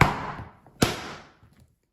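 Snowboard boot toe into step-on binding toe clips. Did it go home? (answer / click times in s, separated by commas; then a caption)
yes / 0.0 s, 0.8 s. The toe of a 2020 Burton Step On snowboard boot is pushed down into the toe clips of its step-on binding, giving sharp metal and plastic clicks at 0.0 s and 0.8 s, with a few faint ticks after. The boot is seated in the toe clips, with four clicks counted in total.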